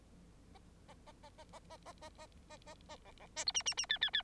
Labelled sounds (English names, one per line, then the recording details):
Bengalese Finch song
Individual Bird9